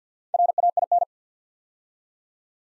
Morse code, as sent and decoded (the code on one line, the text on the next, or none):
.-. .- .. -.
RAIN